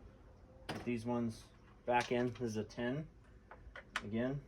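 During reinstallation of an aftermarket ANZO LED headlight assembly on a 2015–2017 Ford F-150 pickup truck, the headlight housing's plastic retaining tab is being handled toward its mounting slot in the truck's front end. Someone talks while faint handling sounds are heard, and the tab has not clicked into place yet.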